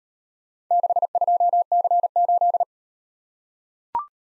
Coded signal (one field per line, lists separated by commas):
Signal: Morse code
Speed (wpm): 38 wpm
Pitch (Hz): 700 Hz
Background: none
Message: 62C8